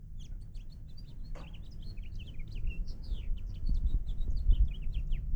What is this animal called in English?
House Finch